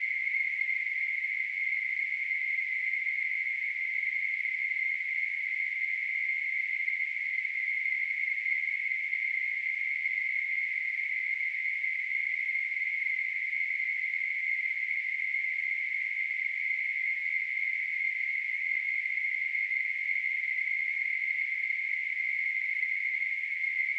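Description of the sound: A steady, unchanging high-pitched hiss, a narrow band of noise centered around 2 kHz, runs without pause for the full 24 seconds. It is a simulated tinnitus sound, imitating the constant ringing or hissing a person with tinnitus perceives.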